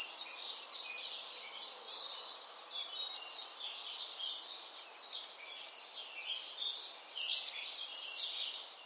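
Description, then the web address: Eurasian blue tit calls: thin high notes in a few bursts, the last ending in a quick trill, over a soft steady hiss. "Deverinetal 2025 File origin Bird Only Cy Ca"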